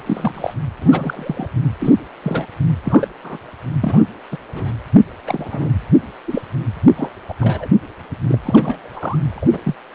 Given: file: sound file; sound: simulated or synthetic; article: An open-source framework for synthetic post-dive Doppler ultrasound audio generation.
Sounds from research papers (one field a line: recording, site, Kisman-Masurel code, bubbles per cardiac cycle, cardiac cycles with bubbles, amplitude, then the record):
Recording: Doppler ultrasound audio after a dive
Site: precordial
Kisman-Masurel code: 242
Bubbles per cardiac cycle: several, 3–8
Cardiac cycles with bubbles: 100%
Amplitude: moderate amplitude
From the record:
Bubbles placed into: full cardiac cycles